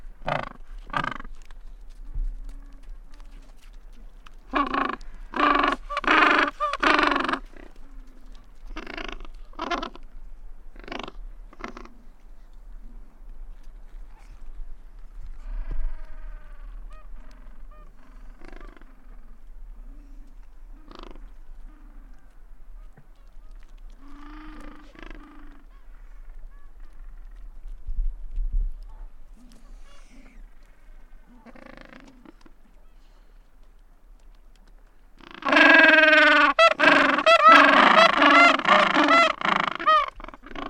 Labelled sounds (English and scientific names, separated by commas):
Gentoo Penguin (Pygoscelis papua) call